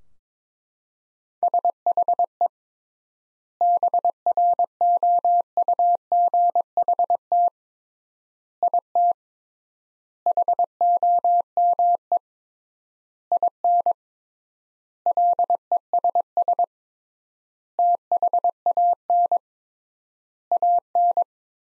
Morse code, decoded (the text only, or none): SHE BROUGHT IT HOME IN LESS THAN AN